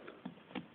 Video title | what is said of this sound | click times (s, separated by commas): soundwave rid review | Voilà, jusqu'à ce que vous entendiez le petit clip, le petit clic. | 0.6 s